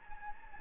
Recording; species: mosquito wingbeat signal from an infrared sensor; Anopheles gambiae